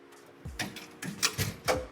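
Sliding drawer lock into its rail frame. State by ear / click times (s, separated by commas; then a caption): seated / 1.2 s. A Milwaukee Packout Dual Slider drawer carrying a tool box is pushed all the way back in a ute bed, producing a series of short, sharp clacks and rattles as it slides along its rail frame. The drawer's lock engages in the rail frame with a click at 1.3 s, and the drawer is seated and locked in place.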